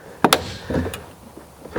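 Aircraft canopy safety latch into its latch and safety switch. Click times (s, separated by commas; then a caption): 0.2 s, 0.3 s. On an Atec 321 Faeta NG light sport aircraft, the canopy safety latch is pushed down and pulled back, and it clicks into place at 0.2 s and 0.3 s with two sharp clicks. The latch is seated, activating the safety switch that lets the engine start, since the canopy must be down and latched on both sides. Someone talks.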